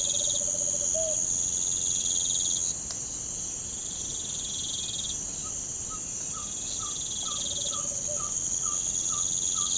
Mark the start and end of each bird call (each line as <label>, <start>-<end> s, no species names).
bird call, 0.00-1.17 s
bird call, 5.39-9.70 s